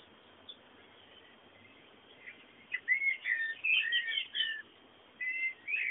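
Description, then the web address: Birds whistle and chirp after a quiet start, in a lively burst of sliding whistled notes and twitters, then a pause and a few more phrases. Background bird sounds. "bullas Bullasdata sounds fondo pajaros"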